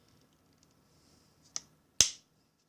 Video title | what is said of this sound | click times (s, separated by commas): Useful Garage - Power Tools 101 | they snap right in and they give you that extra ceiling around your eye | 1.6 s, 2.0 s